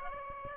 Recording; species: mosquito wingbeat signal from an infrared sensor; Aedes aegypti